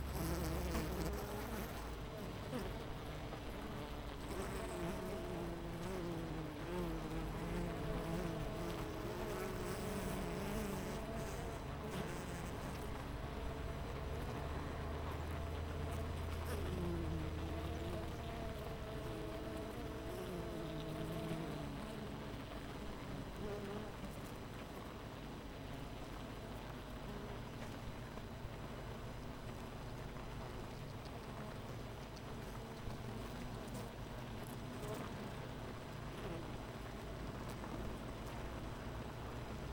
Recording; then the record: honeybee colony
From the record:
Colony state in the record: missing queen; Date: 14 July 2017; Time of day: 8:49